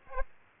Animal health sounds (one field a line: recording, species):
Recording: mosquito wingbeat signal from an infrared sensor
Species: Aedes aegypti